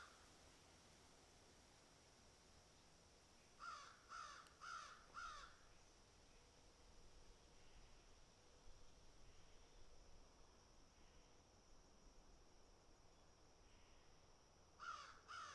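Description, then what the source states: Crows cawing: four harsh, evenly spaced caws, a long quiet stretch, then two more caws at the end, over a steady faint high hiss. Crows picking and eating.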